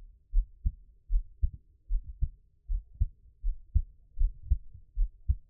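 Steady low lub-dub thumps at about 78 a minute: a regular adult heartbeat heard close up.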